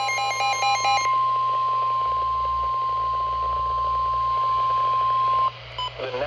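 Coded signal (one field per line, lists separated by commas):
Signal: Emergency Alert System (SAME) tones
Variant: 1050 Hz attention tone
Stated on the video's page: Flash flood warning and special marine warning from NOAA Weather Radio station KHB42.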